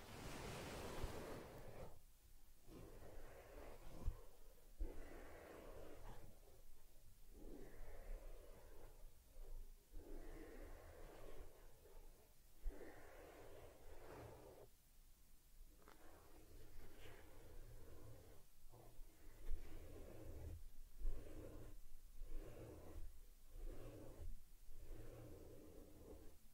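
Teddy's head massage and fur grooming make soft, rhythmic rubbing and brushing strokes, repeating every second or two with brief pauses between.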